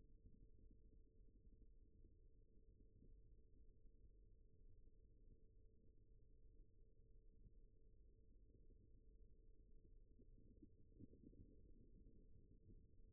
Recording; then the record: forearm muscle sounds (acoustic myography)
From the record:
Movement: rest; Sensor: system 1, eight BSWA MPA416 microphones around the upper forearm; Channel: 3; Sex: male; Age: 41 years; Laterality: right